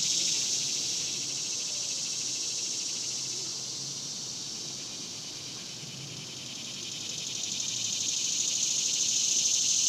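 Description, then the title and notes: Cicadas singing a steady high buzz, dipping slightly midway before rising again near the close. Cicadas recorded outdoors in a cemetery during the daytime in summer. "Ext, Daytime Cicadas, Cemetery, Summer by Bandeto"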